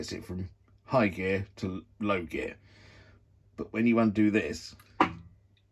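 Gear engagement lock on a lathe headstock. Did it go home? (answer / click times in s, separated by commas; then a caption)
released / 5.0 s. Someone talks while undoing the gear engagement lock on the headstock of a Boxford BUD metric lathe, the part used to switch from high gear to low gear. A sharp click at 5.0 s is the lock releasing out of engagement and the drive cutting out.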